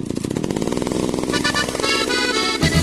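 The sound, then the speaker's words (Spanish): A chainsaw engine snarls steadily, then revs up to a higher, harsher whine partway through, loud and buzzing with no voices over it. “Agrifor es el que más sabe de motosierras en Talca.”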